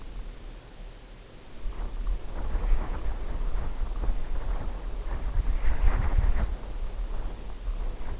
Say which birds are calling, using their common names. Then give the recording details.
none. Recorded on Arctic tundra, site UTQI-0, on 14 June 2019. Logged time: 02:00